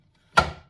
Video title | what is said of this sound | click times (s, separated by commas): How To Use The Ninja Creami | that. Make sure it clicks into place. | 0.4 s